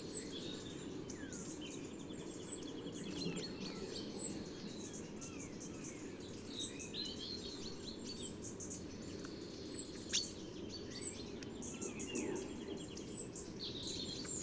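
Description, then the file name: European robin uttering thin, high squeaky notes repeatedly throughout, mixed with short sweeping whistles over a low noisy background. "Erithacus rubecula"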